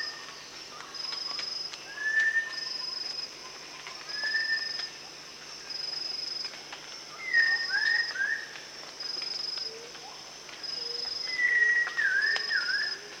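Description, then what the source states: Rufous-tailed shama song: clear whistled phrases, some sliding down and wavering, given at irregular intervals over a steady high insect buzz. Recorded at Danum; dated 1 January 2008.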